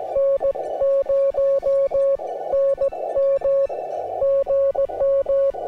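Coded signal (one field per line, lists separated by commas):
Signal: Morse code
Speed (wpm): 17 wpm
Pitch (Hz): 550 Hz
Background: music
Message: N0NM GM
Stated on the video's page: Gentle Morse tones with a deliberate, rhythmic cadence for relaxation.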